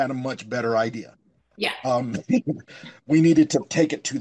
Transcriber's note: laughs